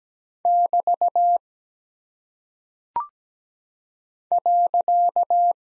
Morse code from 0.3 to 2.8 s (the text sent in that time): <BT>